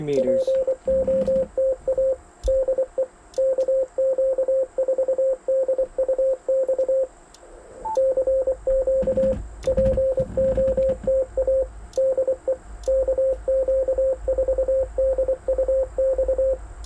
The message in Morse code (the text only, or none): POTA DE KQ4DUX CQ POTA DE KQ4DUX